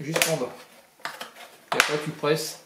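Someone talks while pressing the red plastic fairing panel back into place on a Suzuki GSX-S 750 motorcycle, its plastic clips lined up to snap into the bodywork. Short knocks from handling the panel cut in around 1.1, 1.2 and 1.7 seconds between the speech. Nothing has seated or clicked home yet.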